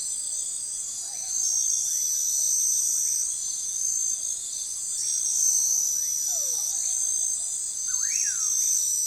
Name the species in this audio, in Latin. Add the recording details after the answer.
Nyctidromus albicollis. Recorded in forest near Pivijay, Magdalena, Colombia, on 18 April 2023 at 21:30. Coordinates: 10.467, -74.380. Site Z5-G034